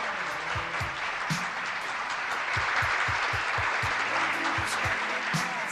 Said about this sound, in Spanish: Siguen los aplausos, porque hay gente que no se entera ni que el mundo da vuelta, y para eso llegó Tardes Nuestra, el programa más de miércoles, no solo de la radiofonía rosarina, sino de Latinoamérica y del Caribe.